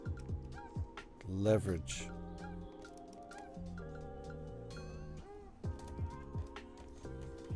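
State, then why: Not seated. A plastic building brick is handled against a model assembly while someone talks, with music playing underneath and a loud burst near 1.5 seconds. Scattered sharp taps and clatters come from the brick being worked into position. The clip ends before the part goes home, so nothing has seated or clicked yet.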